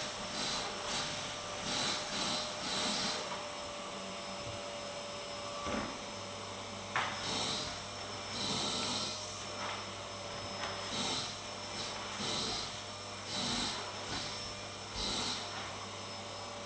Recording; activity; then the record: daily activity, microphone in the room; vacuum cleaning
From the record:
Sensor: 3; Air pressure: 1000.1 hPa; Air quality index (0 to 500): 136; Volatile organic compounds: 2 ppm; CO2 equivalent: 1210 ppm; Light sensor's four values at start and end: 38/97/41/45 and 38/98/41/45